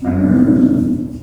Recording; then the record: squeal of a Yucatan mini pig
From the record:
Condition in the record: after surgery on the right vocal fold (resection and tissue-engineered implant); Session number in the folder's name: 5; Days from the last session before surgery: 33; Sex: female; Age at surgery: 19 weeks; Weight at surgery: 25 kg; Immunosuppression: prednisolone